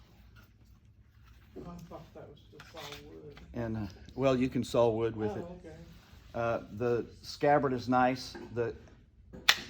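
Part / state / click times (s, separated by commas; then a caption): knife blade into its scabbard / seated / 9.5 s. A fixed-blade knife is pushed into its scabbard while someone talks, and a detent catches it with a sharp tick at 9.5 s. The knife is seated in the scabbard so it doesn't slide out easily.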